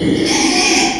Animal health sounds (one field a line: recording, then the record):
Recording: squeal of a Yucatan mini pig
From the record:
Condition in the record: after surgery on the right vocal fold (resection and tissue-engineered implant)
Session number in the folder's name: 2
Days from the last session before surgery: 13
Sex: male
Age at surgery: 12 weeks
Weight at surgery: 13 kg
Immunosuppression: cyclosporine, prednisolone